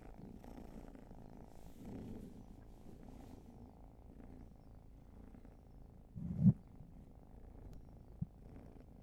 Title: Field Recs Purrathon RAW